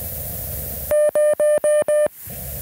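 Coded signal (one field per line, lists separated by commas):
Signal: none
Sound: antenna tuner beeps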